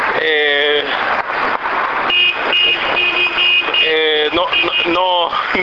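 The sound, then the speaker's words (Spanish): A garbage truck rumbles as sanitation workers bang on it with sticks like a big pot, pot-banging in Ñuñoa, under loud, buzzing horn-like blasts and repeated high beeps, with steady clattering noise and indistinct voices filling the background throughout. “todos los basureros tocando con palo el camión como si fuera una gran olla, una gran cacerola, caceroleando con el camión de la basura detrás del camión con una sonrisa enorme.”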